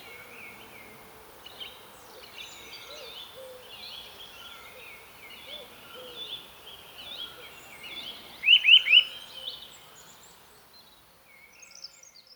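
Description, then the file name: Eurasian nuthatch calls: a short burst of three quick, high notes near the end, after soft, busy twittering over a quiet natural background. "Sitta europaea"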